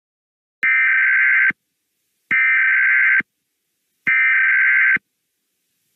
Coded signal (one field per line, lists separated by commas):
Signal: Emergency Alert System (SAME) tones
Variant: header bursts